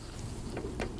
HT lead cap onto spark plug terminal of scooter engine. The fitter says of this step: You'll hear it click as it slips onto the thread on the top of the spark plug. That's it.